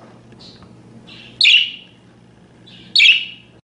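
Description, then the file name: Parakeet: soft chattering notes leading into two loud, harsh, buzzy chirps about one and a half seconds apart, over a low hum. "suara-burung-parkit -omkicau"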